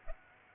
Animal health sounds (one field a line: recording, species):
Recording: mosquito wingbeat signal from an infrared sensor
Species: Aedes aegypti